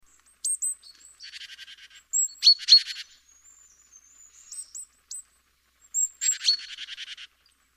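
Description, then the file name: Great tit calls: high thin, sharp notes mixed with buzzy, rattling churrs that come in three bursts. "Parus major"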